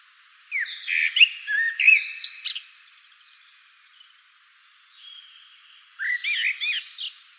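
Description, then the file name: Common blackbird song: rich warbled whistled phrases near the start, a pause, then a second fluttering phrase ending in high squeaky twitters. "Turdus merula"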